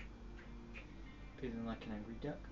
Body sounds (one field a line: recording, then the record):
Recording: background sound without coughing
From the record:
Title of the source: BackgroundMusic